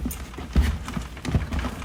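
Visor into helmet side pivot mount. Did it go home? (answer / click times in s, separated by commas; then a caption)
no / none. The rear of the plastic visor on an Arai Corsair-X helmet is slid into the helmet's side pivot mount, with soft plastic handling taps and rubbing, including brief knocks near 0.9 and 1.3 seconds. The clip ends before the shield is pressed home, and nothing has seated or clicked yet.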